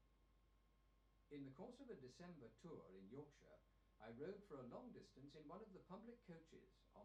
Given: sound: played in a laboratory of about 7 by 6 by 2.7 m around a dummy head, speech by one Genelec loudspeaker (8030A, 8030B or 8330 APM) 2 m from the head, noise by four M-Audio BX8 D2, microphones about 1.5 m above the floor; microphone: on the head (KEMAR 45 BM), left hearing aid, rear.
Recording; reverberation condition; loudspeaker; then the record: male speech in English; low; 90 degrees to the right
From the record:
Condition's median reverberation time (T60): about 310 ms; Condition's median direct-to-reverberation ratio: about 3.5 dB